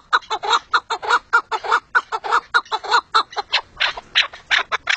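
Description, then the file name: Partridge calling in a fast series of harsh, clucking notes with an uneven rhythm throughout. "perdiz"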